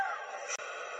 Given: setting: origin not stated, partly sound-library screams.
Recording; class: one-second piece from a danger detection set; woman in danger